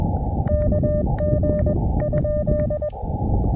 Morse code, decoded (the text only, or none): KG ?